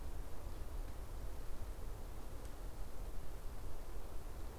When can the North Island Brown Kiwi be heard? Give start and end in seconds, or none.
none